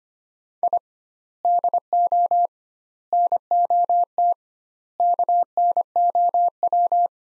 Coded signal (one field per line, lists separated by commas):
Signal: Morse code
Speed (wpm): 25 wpm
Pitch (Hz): 700 Hz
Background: none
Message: I DO NOT KNOW